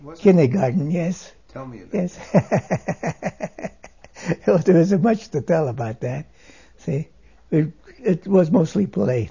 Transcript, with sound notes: Kindergarten, yes.
Tell me about it.
( he laughs ) There isn't much to tell about that, see. It was mostly play.